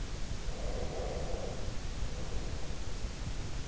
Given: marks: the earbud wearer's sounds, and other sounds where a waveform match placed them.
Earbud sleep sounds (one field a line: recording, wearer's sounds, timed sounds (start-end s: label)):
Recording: sounds in sleep by an in-ear microphone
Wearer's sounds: breath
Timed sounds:
0.47-3.46 s: breath